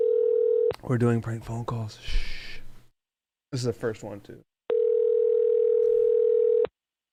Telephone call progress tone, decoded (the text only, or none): ringback tone